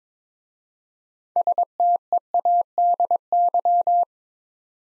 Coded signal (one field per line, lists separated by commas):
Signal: Morse code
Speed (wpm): 22 wpm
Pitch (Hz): 700 Hz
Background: none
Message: STEADY